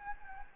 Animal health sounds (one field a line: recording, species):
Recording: mosquito wingbeat signal from an infrared sensor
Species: Anopheles gambiae